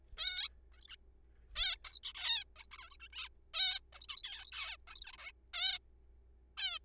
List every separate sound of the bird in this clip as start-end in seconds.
0.17-0.48, 0.74-0.80, 0.81-0.87, 0.88-0.96, 1.56-1.77, 1.85-2.01, 2.03-2.13, 2.15-2.44, 2.56-2.70, 2.71-2.78, 2.78-2.90, 2.91-2.97, 3.00-3.08, 3.13-3.29, 3.54-3.79, 3.93-4.07, 4.09-4.16, 4.17-4.23, 4.24-4.51, 4.52-4.77, 4.88-4.95, 4.96-5.00, 5.01-5.12, 5.13-5.17, 5.18-5.32, 5.54-5.79, 6.57-6.79